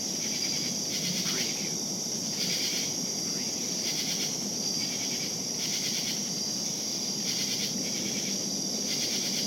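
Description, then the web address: Cricket chorus: a continuous high-pitched trill, with pulsing bursts of more callers swelling in roughly every one and a half seconds. Crickets calling at night in savannah. "lynne-publishing Night Crickets Savannah"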